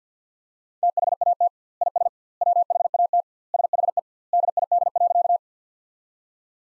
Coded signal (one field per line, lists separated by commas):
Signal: Morse code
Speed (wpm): 50 wpm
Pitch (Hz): 700 Hz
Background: none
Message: THAT IS WHAT SHE DID.